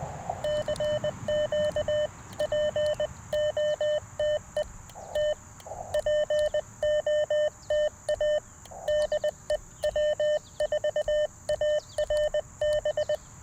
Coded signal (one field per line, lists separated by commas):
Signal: Morse code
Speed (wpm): 20 wpm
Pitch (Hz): 600 Hz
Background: none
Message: CQ POTE T POTA DE W4ARB